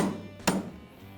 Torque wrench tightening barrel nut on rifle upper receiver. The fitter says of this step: we're going to torque it down until we get an audible click